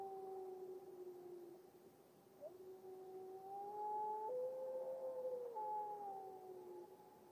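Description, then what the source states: Grey wolf howling: long, smooth, mournful tones held steady, then rising slightly and falling away, with echoing overlap and a soft background hiss. Lone wild wolf howling in late morning in a glacial valley with natural reverb, Washington, Northwest United States.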